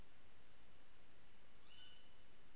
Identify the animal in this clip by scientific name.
Strix aluco